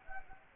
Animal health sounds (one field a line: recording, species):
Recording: mosquito wingbeat signal from an infrared sensor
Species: Anopheles gambiae